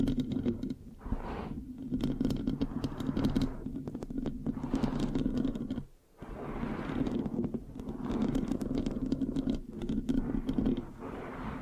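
Mic scratching with a sticky texture fills the recording, a dense, rough rubbing that keeps a low hum-like body underneath. The scratching comes in uneven strokes and bursts, easing slightly now and then and dropping almost silent for a moment around six seconds before resuming.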